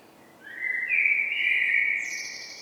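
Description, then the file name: Common blackbird gives a single smooth rising fluted phrase, capped by a thin, very high squeak. "Turdus merula"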